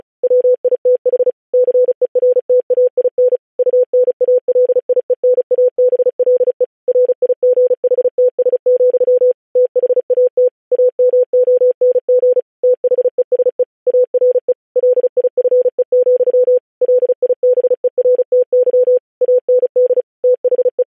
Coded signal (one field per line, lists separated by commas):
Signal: Morse code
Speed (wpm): 36 wpm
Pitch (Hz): 500 Hz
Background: none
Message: WITH CERTAIN UNALIENABLE RIGHTS, THAT AMONG THESE ARE LIFE, LIBERTY AND THE